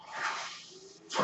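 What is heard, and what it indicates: A soft airy whoosh swells, fades, then rises again: the airflow of a home mechanical ventilator.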